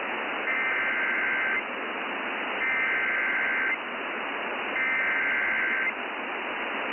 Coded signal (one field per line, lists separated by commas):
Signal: Emergency Alert System (SAME) tones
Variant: header bursts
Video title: JUNE'S FINAL ALERTS... EAS Alerts from 6/28/23 - 6/30/23 (EAS #2,629 - 2,644)